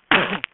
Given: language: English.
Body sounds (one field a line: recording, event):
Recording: throat vibration sensor signal played as sound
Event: cough